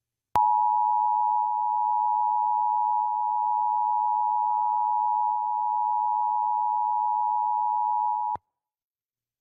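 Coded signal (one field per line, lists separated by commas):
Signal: Emergency Alert System (SAME) tones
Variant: 853 and 960 Hz attention tone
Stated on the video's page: Pennsylvania Required Monthly Test SAME tones, plus a Coastal Flood Warning.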